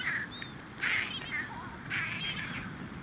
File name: Mediterranean Gull Calls Of First Winters And Adults